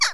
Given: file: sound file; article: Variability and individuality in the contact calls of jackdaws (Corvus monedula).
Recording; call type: jackdaw call; harmonic